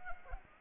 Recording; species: mosquito wingbeat signal from an infrared sensor; Anopheles arabiensis